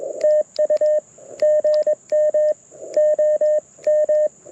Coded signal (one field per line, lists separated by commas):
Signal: Morse code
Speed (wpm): 22 wpm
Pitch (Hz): 590 Hz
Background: radio noise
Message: TU GM OM